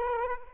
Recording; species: mosquito wingbeat signal from an infrared sensor; Aedes aegypti